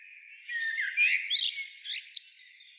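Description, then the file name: Common blackbird giving one short phrase of rich whistled notes that runs into a squeaky, high twitter. "Turdus merula"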